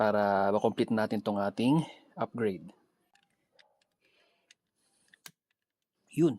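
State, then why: Seated. Someone talks while the left-side steering wheel control switch panel of a Kia Rio is pressed into the plastic steering wheel trim. A few faint ticks are followed by a sharp click at 5.3 s as the panel locks in place, and then someone talks briefly again.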